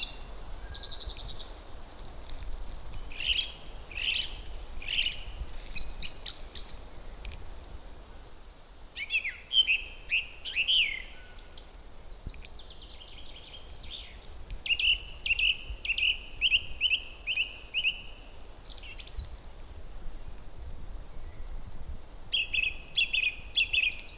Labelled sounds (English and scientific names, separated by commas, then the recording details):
Song Thrush (Turdus philomelos)
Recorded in the wild
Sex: male
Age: adult
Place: Köllnische Heide, Berlin, DE
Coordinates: 52.46, 13.51
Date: 1989-04-27 17:45
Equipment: Uher 4400 Report Monitor, Sennheiser ME 80, K 30 AV
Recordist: Fischer, Stefan
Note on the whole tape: Gesang